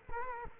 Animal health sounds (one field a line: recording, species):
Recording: mosquito wingbeat signal from an infrared sensor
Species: Culex quinquefasciatus